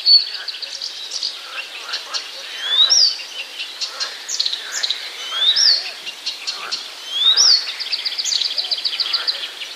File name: acrocephalus dumetorum